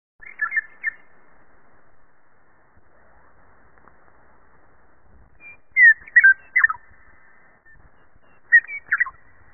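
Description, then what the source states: Bird calls in short bursts of whistled, slurred notes around a steady pitch, three groups separated by quiet gaps, over faint low noise. Filtered.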